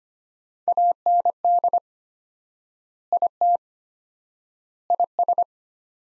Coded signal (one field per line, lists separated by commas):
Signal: Morse code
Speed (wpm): 25 wpm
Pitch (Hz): 700 Hz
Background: none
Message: AND IT IS